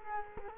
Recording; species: mosquito wingbeat signal from an infrared sensor; Culex quinquefasciatus